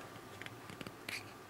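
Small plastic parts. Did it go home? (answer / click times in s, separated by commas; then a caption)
no / none. The two halves of the plastic take-down sheath for a CRKT Civet knife are being handled, with a bump on one half lined up with the groove in the other. Brief sharp ticks are heard at about 0.4 and 0.5 seconds and a louder one at about 1.1 seconds. Nothing has seated or clicked yet.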